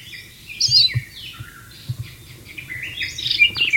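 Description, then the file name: White-rumped shama song: rich, varied whistled and warbled phrases, some sweeping down, in two bursts with a quieter gap between. Wild bird, in the wild. "suara burung murai batu di alam liar"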